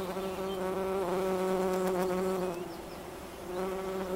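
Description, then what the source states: Bumblebee buzzing loudly, a strong low drone with clear harmonics, dropping away briefly before returning near the end. Recorded in Wülfel, Hannover, Germany.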